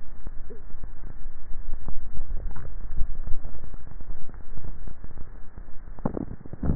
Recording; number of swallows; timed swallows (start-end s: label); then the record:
swallowing sounds by neck microphone; 1
2.23-3.13 s: swallow
From the record:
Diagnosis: dysphagia